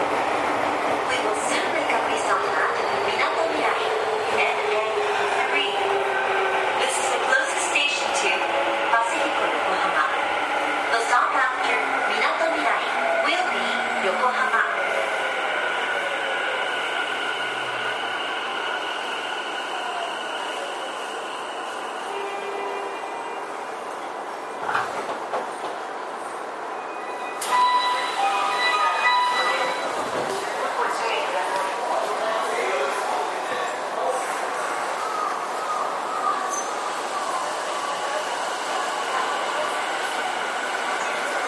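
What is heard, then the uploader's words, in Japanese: A ride aboard a Tokyu 5050 series train on the Toyoko and Minatomirai lines, full of steady running noise with tonal whines that rise and fall. Snatches of voices come and go, and brief louder knocks and rattles stand out around 25 and 28–30 seconds. 東急5050系4000番台 元町・中華街ー渋谷。東急東横線、みなとみらい線で録音をしました。東急5050系 元町•中華街-渋谷。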